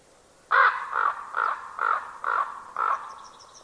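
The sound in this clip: Bird calling with a run of six rough, cawing notes spaced roughly half a second apart, then faint thin high chirps at the close.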